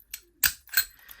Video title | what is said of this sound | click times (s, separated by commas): (077) Marksman 65mm Padlock - Multiple Entries | uh craft to it nice click the American | 0.5 s